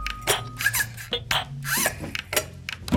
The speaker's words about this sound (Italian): E quando ormai mi ero convinto che quello fosse un pozzo buio pieno di segreti, ho sentito le chiavi nella toppa.